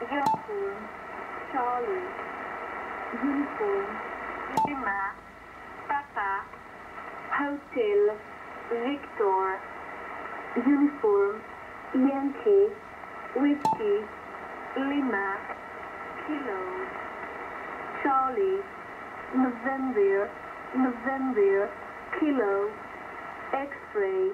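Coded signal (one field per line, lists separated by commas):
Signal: numbers station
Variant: E10, phonetic alphabet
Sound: female-like voice reading phonetic alphabet letters, one word at a time, evenly spaced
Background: radio static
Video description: Spy Numbers Station E10 transmits the same message at the same moment, on two various frequencies.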